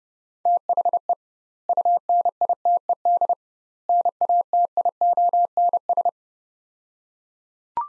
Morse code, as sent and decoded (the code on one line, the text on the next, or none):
- .... . / ..- -. .. - . -.. / -. .- - .. --- -. ...
THE UNITED NATIONS